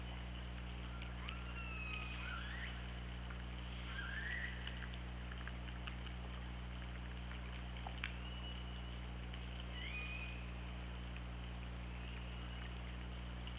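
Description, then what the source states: Orca calls, scattered short squealing calls, some rising and some falling, with clicks over a continuous low hum. Recorded by OrcaLab hydrophone on 24 August 2017 around 08:02.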